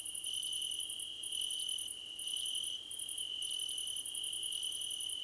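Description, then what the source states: Crickets chirping, fast pulsed trains of high notes repeating about once per second over a continuous ringing trill. Several crickets singing together, described as a choir competition.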